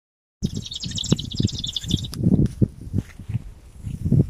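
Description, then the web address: Marsh grassbird song, a rapid high rattling series of short notes lasting about a second and a half, over low thumping and rustling noise. Recorded 14 March 2020. "2020-03-14 Helopsaltes-pryeriv-2020-03-14"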